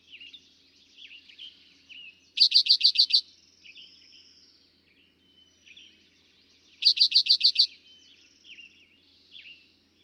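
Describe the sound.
Eastern towhee repeating its song twice, each a loud, quick trill of evenly spaced notes, with scattered soft calls around it.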